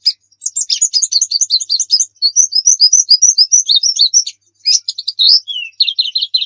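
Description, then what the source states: White-eye song: a continuous high chatter of quick chirps and slurred notes, briefly pausing before it picks up again with clipped phrases. Muria-type white-eye (pleci Muria) singing actively (gacor); masteran recording meant for training pet birds to sing.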